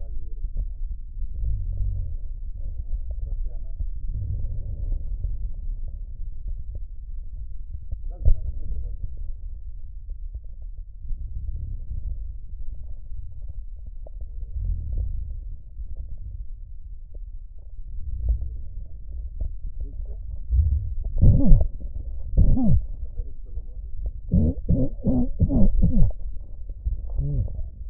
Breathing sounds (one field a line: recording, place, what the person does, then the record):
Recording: lung sounds by stethoscope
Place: right posterior basal chest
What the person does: quiet breathing, then cough and speech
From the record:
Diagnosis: COPD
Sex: male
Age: 70 years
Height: 170 cm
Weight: 74 kg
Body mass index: 25.6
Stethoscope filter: extended mode